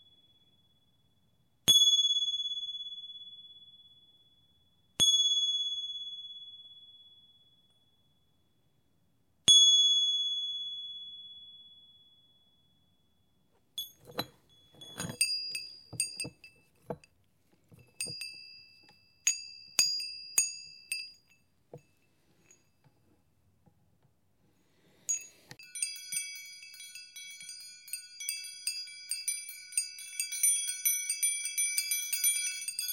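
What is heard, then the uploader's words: Delicate chimes ring out as three single clear tones around the second, fifth and tenth seconds, each fading slowly. After a short pause, bright clusters of tinkling strikes arrive irregularly, and from about 25 seconds the chimes jangle densely and continuously to the end. Zen Garden Serenity: Wind Chimes and Nature Sounds.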